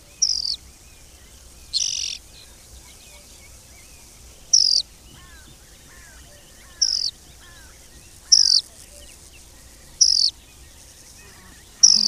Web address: agykontroll Madardalok Cd 2. Sordély